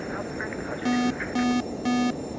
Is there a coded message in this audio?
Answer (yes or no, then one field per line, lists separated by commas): no